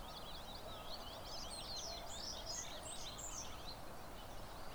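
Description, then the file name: Eurasian wren song: a jumble of quick high twittering notes and short trills, partly masked by steady low rumbling background noise. "Troglodytes troglodytes"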